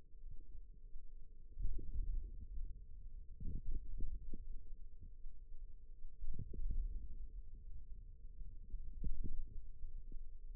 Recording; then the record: forearm muscle sounds (acoustic myography)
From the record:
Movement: ulnar deviation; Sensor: system 2, bracelet of six BSWA MPA416 microphones around the upper forearm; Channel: 4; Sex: female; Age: 22 years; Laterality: right